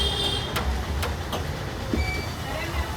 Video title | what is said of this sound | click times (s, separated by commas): Wallet పోయి, చాలా tension అయ్యాను. 😅 | ఆ లాక్ అయిపోయింది అయిపోయింది కరెక్ట్ గా సెట్ అయిపోయింది అన్నమాట | 0.6 s, 1.0 s